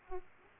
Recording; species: mosquito wingbeat signal from an infrared sensor; Aedes aegypti